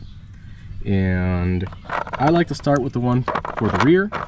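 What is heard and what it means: Someone talks while handling the rear mounting bracket of a GD3 shift plate at the car's shifter surround, with a low steady hum underneath. The bracket has not seated or clicked into place yet.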